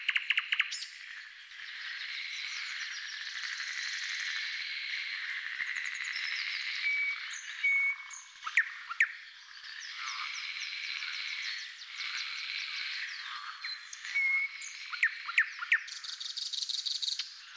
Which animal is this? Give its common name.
Thrush Nightingale